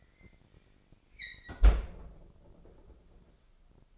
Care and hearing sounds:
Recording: daily activity, microphone in the room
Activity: close fridge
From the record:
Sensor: 5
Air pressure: 995.4 hPa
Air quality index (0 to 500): 94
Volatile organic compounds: 5 ppm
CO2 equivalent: 1774 ppm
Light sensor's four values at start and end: 37/89/36/37 and 35/84/34/35

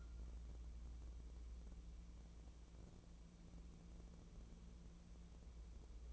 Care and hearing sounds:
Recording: daily activity, microphone in the room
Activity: wipe stove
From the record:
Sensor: 1

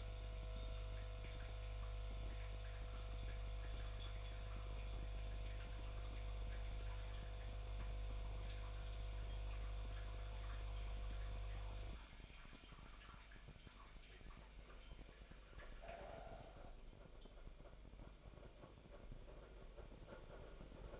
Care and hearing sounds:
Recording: daily activity, microphone in the room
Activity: make coffee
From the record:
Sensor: 5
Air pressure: 1002.1 hPa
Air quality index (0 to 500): 221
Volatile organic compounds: 26 ppm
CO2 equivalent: 2872 ppm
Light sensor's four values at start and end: 10/24/10/11 and 10/24/10/11

